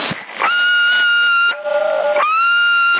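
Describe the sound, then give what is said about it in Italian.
A person whistles loudly, holding a steady high note, briefly dropping to a lower wavering tone, then sliding back up to the high note, with no talking. “Io sono, sto fischiando, aspetta un attimino, fa una cosa.”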